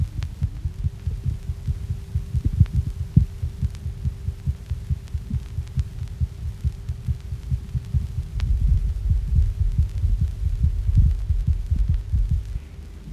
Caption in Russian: Внутриутробное сердцебиение плода. Помимо нормального ритма, выслушиваются отдельные звуки, связанные с движением плода.